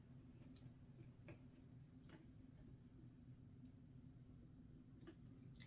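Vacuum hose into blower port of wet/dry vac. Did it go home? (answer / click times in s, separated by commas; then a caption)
no / none. A plastic hose is pushed into the blower port of a Craftsman 2.5 gallon portable wet/dry vac in another attempt to seat it. Only a few faint, brief ticks rise over a steady low hum. The hose has not clicked into place.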